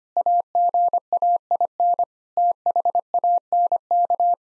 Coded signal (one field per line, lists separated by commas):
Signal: Morse code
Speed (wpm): 25 wpm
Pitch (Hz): 700 Hz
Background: none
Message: AGAIN THANK